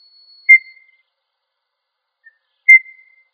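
Quail calling with two short clear whistles about two seconds apart, each a sharp onset that trails off at a steady pitch; otherwise quiet.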